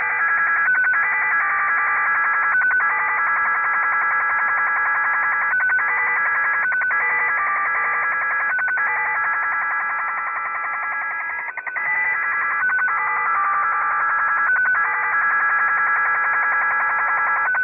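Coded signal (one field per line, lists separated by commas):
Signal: HF data modem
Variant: XSL Japanese Slot Machine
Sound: jangly chord of many stepping tones, repeating every few seconds with a brief steady tone between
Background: radio static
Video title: |XSL "Japanese Slot Machine"| idle broadcast 9.June 2024 11:53 UTC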